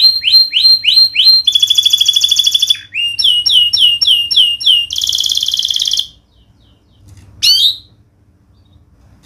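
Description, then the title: Canary song: quick runs of high rising whistled notes, then a fast buzzy trill, more rising notes and another trill, ending in silence with one last upswept note. Vigorous canary singer ('gacor') praised for the best 'cengkok' song phrasing and the most luxurious 'isian' fill-in notes; Indonesian songbird-keeping (kicaumania) context. "Kenari Gacor Cengkok Terbaik Isian Paling Mewah Kenarigacor Kicaumania Kenari"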